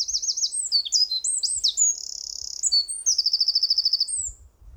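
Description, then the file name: Eurasian wren singing loudly, sweeping high whistles, a sustained buzzy trill and rapid repeated chips in quick succession, barely pausing throughout. "Troglodytes troglodytes"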